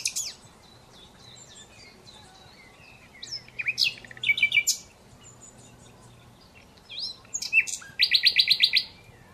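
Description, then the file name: Common Nightingale song: loud phrases of rapid repeated notes and high whistles, the last ending in a fast even trill, separated by quiet pauses. "Luscinia megarhynchos"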